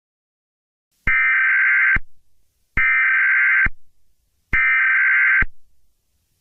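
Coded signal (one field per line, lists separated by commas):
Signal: Emergency Alert System (SAME) tones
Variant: header bursts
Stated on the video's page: Fictional EAS scenario based on a Jurassic Park novel, horror-themed.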